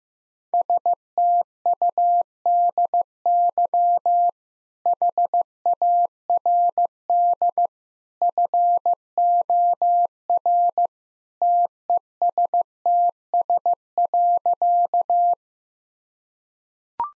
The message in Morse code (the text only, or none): STUDY HARD FOR TESTS.